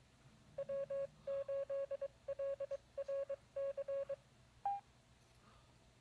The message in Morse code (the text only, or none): W8LRC